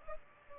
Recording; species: mosquito wingbeat signal from an infrared sensor; Culex pipiens